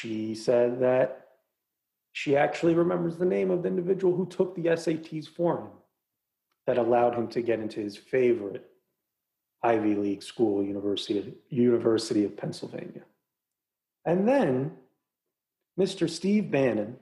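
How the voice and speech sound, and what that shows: A man speaks clearly and fluently in a steady mid-pitched voice, pausing between phrases; ordinary speech.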